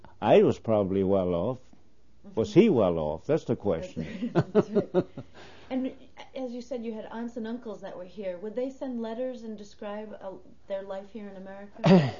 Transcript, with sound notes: I was probably well-off. Was he well-off, that's the question (he laughs)
As you said, you had aunts and uncles that were here, would they send letters and describe their life here in America?